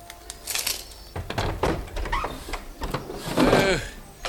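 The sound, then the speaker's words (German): A window is opened overhead in a house on a side street in Venice: a run of rattling clunks and scraping, creaky knocks from the frame and latch, moderately loud, with no one speaking. “Kurz darauf öffnete sich über ihm ein Fenster.”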